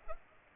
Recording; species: mosquito wingbeat signal from an infrared sensor; Culex pipiens